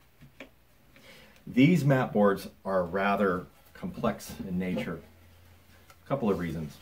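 A metal retaining clip on a folding wooden artillery map board, one of the two that hold the board closed, snaps shut with a sharp click at 0.4 seconds, and the clip is seated. Someone talks afterward.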